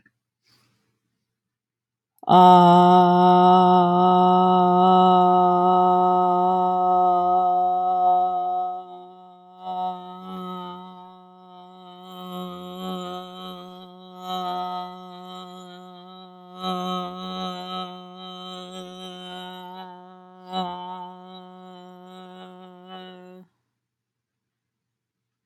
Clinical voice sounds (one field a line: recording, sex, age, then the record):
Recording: vowel held as long as possible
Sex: female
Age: 40 to 49 years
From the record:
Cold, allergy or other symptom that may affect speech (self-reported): no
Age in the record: 43 years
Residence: California, United States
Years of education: 14